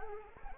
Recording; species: mosquito wingbeat signal from an infrared sensor; Anopheles arabiensis